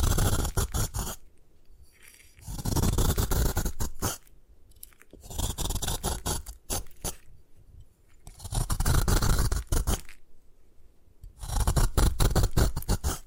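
Gym chalk is crushed and ground in repeated bursts, each a dense, gritty crunching and scraping that lasts one to two seconds. About five bursts come at fairly regular intervals, each followed by a quiet pause, with a few sharp crackles between them.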